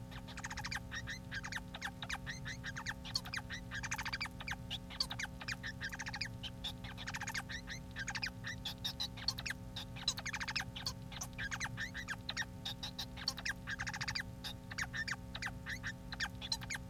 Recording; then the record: song of a male Bengalese finch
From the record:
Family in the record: son of father 4